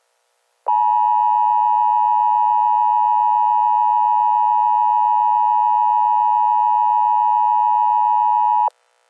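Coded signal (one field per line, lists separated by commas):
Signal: Emergency Alert System (SAME) tones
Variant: 853 and 960 Hz attention tone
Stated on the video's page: Simulated EAS scenario made for fun; SAME tones may or may not be valid.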